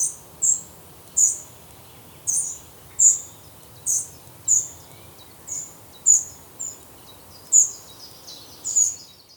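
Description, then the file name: Eurasian wren giving hard, high clicking calls at uneven intervals, about a dozen notes, with a quiet hiss underneath. "Troglodytes troglodytes"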